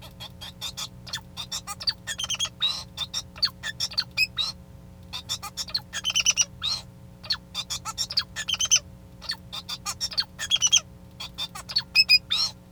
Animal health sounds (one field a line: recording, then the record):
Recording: song of a male Bengalese finch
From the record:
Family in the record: son of father 2